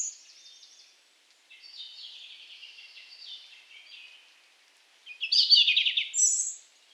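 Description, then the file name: European robin singing softly, with thin wavering high notes that lead into a louder, rapid, rattling trill and a brief high whistle. "Erithacus rubecula"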